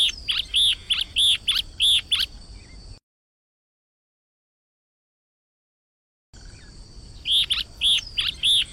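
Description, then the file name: Yellow-bellied elaenia song: a fast series of several short, high notes, a gap, then the series resumes. "Canto do Guaracava de barriga amarela"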